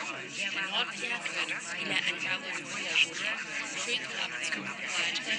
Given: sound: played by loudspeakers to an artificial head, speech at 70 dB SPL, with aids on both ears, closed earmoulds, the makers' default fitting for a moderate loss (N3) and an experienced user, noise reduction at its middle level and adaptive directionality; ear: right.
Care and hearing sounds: speech test signal (ISTS) in cocktail-party noise; -6 dB; in front (0 degrees)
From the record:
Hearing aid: class 2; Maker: G

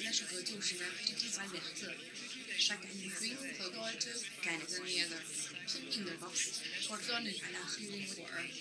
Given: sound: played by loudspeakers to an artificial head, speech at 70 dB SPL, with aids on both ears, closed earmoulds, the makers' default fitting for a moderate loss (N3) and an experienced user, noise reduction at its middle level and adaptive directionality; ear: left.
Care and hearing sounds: speech test signal (ISTS) in cocktail-party noise; +3 dB; on the right (90 degrees)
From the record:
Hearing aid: class 1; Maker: H

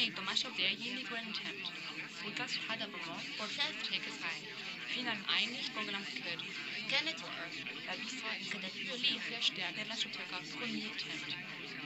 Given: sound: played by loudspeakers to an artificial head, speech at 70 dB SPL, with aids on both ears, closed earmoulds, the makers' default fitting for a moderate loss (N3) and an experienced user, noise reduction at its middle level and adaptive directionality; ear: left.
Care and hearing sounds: speech test signal (ISTS) in cocktail-party noise; -3 dB; in front (0 degrees)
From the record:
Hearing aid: class 1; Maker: D

